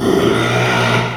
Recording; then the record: squeal of a Yucatan mini pig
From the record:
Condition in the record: after surgery on the right vocal fold (resection and tissue-engineered implant); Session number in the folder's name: 1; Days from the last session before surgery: 6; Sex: male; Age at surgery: 12 weeks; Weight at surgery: 13 kg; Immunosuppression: cyclosporine, prednisolone